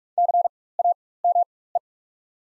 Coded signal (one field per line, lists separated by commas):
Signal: Morse code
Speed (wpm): 47 wpm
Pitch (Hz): 700 Hz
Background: none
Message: CAME